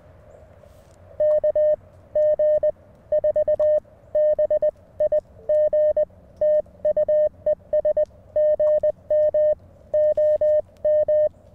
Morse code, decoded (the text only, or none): KG4BIG TU ES GM OM